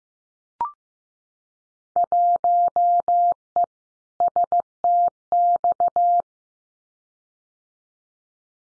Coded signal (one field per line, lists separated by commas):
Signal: Morse code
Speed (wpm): 15 wpm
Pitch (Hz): 700 Hz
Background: none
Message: 1E STX